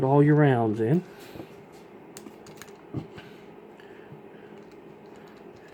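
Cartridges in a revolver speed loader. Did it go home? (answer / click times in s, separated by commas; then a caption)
no / none. Someone talks for the first second, then the knob of a revolver speed loader loaded with cartridges is turned so its small internal hooks will lock the rounds in, giving a few faint, sharp ticks over a quiet background. The clip ends before the rounds are locked home; nothing has seated or clicked into place yet.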